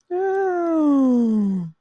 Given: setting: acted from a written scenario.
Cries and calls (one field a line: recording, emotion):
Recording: vocal sound without words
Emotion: positive surprise